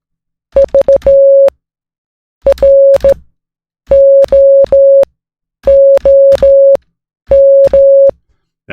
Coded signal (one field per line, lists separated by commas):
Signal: Morse code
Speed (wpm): 14 wpm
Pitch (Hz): 550 Hz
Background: music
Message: VROOM